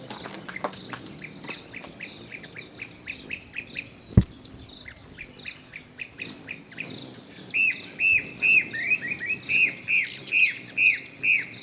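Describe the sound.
Bird song: quick rising chirps at first, then later a louder run of clear arched notes repeated roughly twice a second; one sharp click in between.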